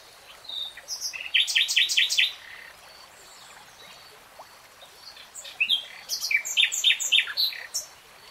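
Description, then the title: Nightingale singing two separate phrases of sharp, rapidly repeated notes and chirps, with a quiet gap between them. Singing, in a 3-hour real-time recording. "[Tiếng chim hót] Nightingale Singing"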